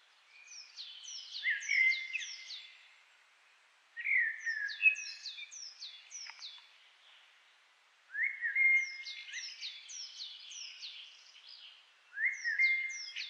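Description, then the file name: Common blackbird song: rich fluted phrases, each followed by a rapid high squeaky twitter, repeated roughly every four seconds. "Turdus merula"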